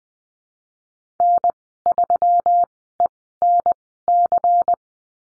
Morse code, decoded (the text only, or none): N3ENC